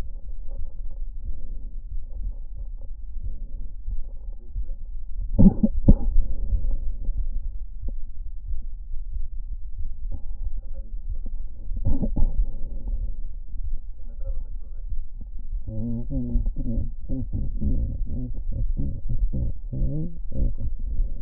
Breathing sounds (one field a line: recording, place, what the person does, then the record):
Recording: lung sounds by stethoscope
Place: left anterior apical chest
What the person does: quiet breathing, then cough and speech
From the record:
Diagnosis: interstitial lung disease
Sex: female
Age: 68 years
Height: 152 cm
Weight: 76 kg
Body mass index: 32.9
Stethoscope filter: diaphragm mode